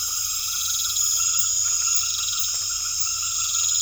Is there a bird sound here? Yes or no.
no